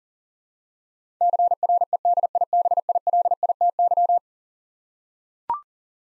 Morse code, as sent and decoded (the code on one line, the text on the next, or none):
-.-. .-. . -.. .. -... .. .-.. .. - -.--
CREDIBILITY